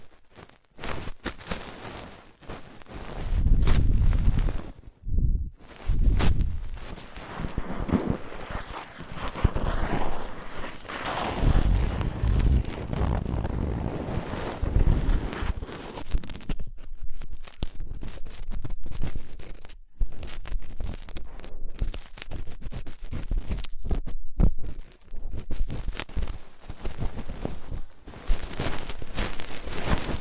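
Ear cleaning sounds made of muffled rubbing and scratchy, crackling strokes, with deep rumbling swells that rise and fall. The texture is dense and irregular, broken by short silent gaps near 5 and 20 seconds, and turns choppier with quick clicking scrapes toward the end.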